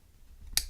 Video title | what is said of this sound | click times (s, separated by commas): Saramonic SR VRM1 Plug On Recorder Review and complete Tutorial!! | When you hear click, this is not going anywhere. | 0.6 s